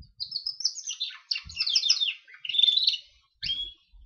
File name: canary gloster sings